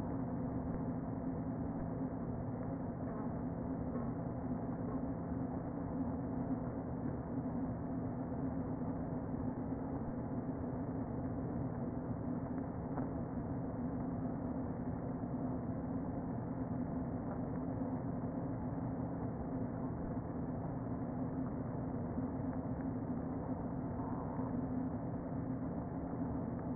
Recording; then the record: honeybee colony, microphone inside the hive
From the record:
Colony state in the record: queen present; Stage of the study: before two queens were removed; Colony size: about 60,000 bees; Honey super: yes